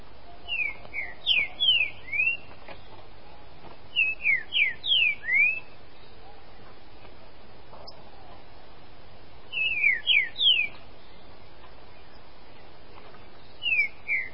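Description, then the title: Green-winged saltator repeating a phrase of several bright, slurred whistles every few seconds against a quiet background. "Trinca Ferro"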